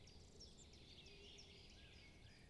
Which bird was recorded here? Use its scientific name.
Phylloscopus collybita